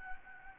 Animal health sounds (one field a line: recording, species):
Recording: mosquito wingbeat signal from an infrared sensor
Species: Anopheles gambiae